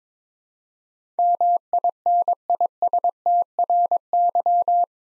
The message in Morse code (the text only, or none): MINISTRY